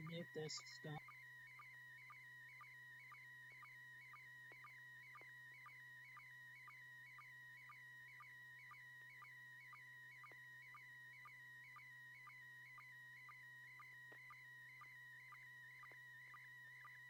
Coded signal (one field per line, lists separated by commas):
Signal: SSTV (slow-scan television)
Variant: PD 120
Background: speech